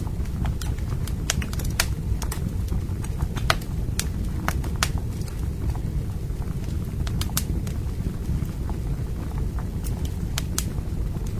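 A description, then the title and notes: Coffee brewing by a fire, with a steady low rumble and hiss running through the whole stretch. Sharp crackles and pops from the burning wood snap out irregularly above it, sometimes in quick clusters, bright. Fragrant coffee is brewed by the fire.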